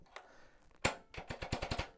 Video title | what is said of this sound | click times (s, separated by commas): How To Tighten Adjustors On An Indoor Cycling Bike | you hear it click when it clicks in its there's a little peg which goes into a hole on | 0.8 s